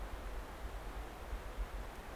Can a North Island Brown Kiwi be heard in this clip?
no